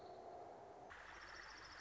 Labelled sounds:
Orange-crowned Warbler
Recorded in Sonoma County, California

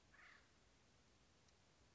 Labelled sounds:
Acorn Woodpecker
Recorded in Sonoma County, California

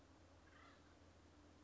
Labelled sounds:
Acorn Woodpecker
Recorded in Sonoma County, California

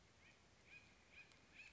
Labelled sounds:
Acorn Woodpecker
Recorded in Sonoma County, California

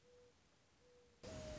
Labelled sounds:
Mourning Dove
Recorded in Sonoma County, California

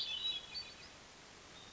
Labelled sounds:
Hermit Thrush
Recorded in Sonoma County, California

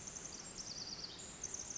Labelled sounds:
Pacific Wren
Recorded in Sonoma County, California

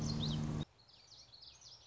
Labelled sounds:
Common Yellowthroat
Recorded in Sonoma County, California

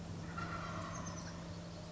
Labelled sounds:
Wild Turkey
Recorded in Sonoma County, California

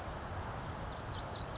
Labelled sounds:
California Towhee
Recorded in Sonoma County, California

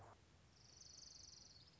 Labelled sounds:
Orange-crowned Warbler
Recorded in Sonoma County, California

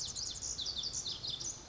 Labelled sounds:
Pacific Wren
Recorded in Sonoma County, California

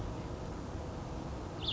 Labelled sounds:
Cassin's Vireo
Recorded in Sonoma County, California

